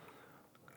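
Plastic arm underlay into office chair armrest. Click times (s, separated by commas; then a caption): 0.6 s, 0.7 s. A plastic arm underlay is fitted to an office chair armrest (Leap, Amia and Think chairs): the top tab is set first, then the bottom is pressed in. Over a steady low background, two short sharp clicks at about 0.6 s and 0.7 s mark the underlay snapping into place. It is then checked and found secure.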